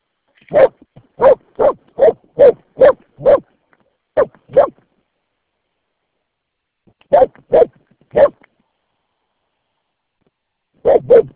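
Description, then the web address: Dog barking in a rapid run of about seven barks, then a pair, a pause of a few seconds, three more barks and another pair at the end. Dog named Santra. "Santra. koirat"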